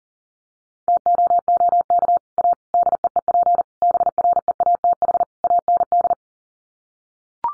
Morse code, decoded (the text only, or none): TOOK A DEEP BREATH AND